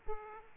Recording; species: mosquito wingbeat signal from an infrared sensor; Aedes aegypti